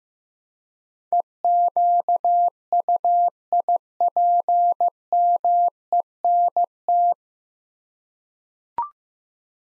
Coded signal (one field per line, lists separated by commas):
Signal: Morse code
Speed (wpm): 15 wpm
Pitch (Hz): 700 Hz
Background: none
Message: EQUIPMENT